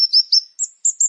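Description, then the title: Prinia calling: six quick, thin, high notes in about a second, the last three higher. "Ciblek Sawah"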